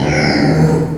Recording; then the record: squeal of a Yucatan mini pig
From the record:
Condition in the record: before surgery on the right vocal fold (resection and tissue-engineered implant); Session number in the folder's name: 2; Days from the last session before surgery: 0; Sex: male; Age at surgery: 12 weeks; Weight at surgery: 13 kg